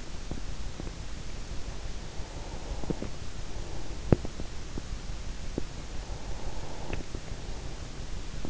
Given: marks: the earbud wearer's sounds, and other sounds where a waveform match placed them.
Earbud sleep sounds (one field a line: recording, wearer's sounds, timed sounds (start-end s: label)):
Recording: sounds in sleep by an in-ear microphone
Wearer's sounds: swallowing, breath, teeth grinding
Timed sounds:
0.11-1.41 s: swallowing
1.99-4.72 s: breath
3.62-4.55 s: teeth grinding
5.57-8.49 s: breath